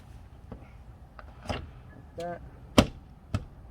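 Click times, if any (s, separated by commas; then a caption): 2.8 s, 3.4 s. A car door trim panel is lined up and pressed against the door during a door lock actuator replacement, and its plastic retaining clips snap into the metal door holes with sharp clicks at 2.8 s and 3.4 s. Someone talks throughout. The panel clips are seated.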